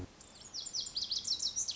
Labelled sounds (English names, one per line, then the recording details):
Lazuli Bunting
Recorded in Sonoma County, California